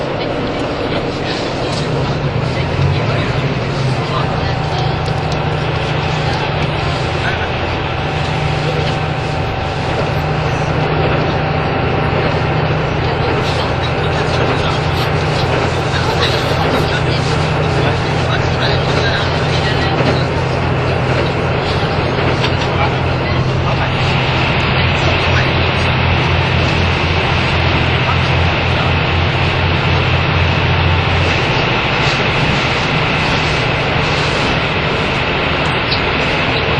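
A vehicle ride on the way from Nagoya to Toyama, with a steady, dense rumble and a low drone that holds until about 31 seconds. Faint voices sit under the noise, and from around 24 seconds a higher steady whine joins in.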